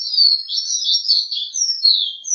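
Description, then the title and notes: Bird song of continuous high warbled notes with a couple of drawn-out falling whistles near the end. Birdsong used for training (mastering) pet birds. "Suara Burung. Suara Kicauan Burung untuk memaster burung kesayangan"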